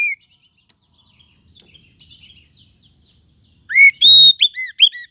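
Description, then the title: Lovebird calls: faint twittering at first, then a sudden loud series of shrill, whistled chirps with bright overtones near the end. Lovebird call used as a lure (pikat) to attract lovebirds. "PIKAT BURUNG LOVEBIRD"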